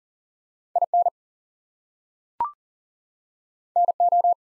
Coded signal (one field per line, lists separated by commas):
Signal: Morse code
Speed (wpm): 40 wpm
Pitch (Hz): 700 Hz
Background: none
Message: IN NO